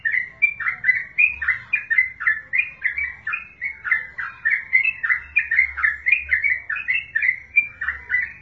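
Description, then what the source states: Bulbul chatter: bright, bouncy notes pour out in a steady fast stream, rising and falling slightly, with a faint low drone behind. Wild bird, locally called trucukan.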